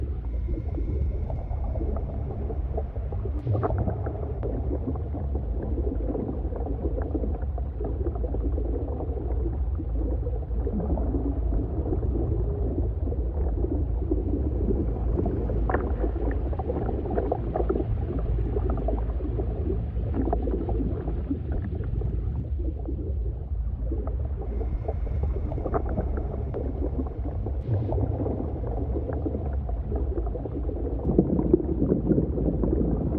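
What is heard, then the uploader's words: A deep underwater ambience with a steady, heavy low rumble that never lets up, overlaid with dense crackling and scattered pops like bubbles. A faint, thin high tone drifts in near the start and again around the 25-second mark, and the rumble swells slightly at the end. DEEP OCEAN AMBIENCE. Deep cavern whooshes, tantalizing bubbles, and rumbling rockslides.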